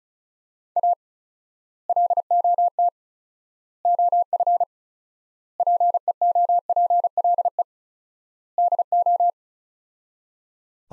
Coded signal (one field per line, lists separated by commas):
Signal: Morse code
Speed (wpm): 36 wpm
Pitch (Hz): 700 Hz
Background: none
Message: A LOT OF PEOPLE DO